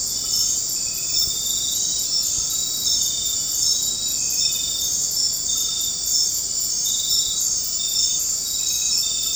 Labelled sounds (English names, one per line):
none